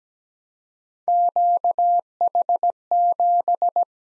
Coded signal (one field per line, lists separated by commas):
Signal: Morse code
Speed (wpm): 17 wpm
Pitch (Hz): 700 Hz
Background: none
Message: QH7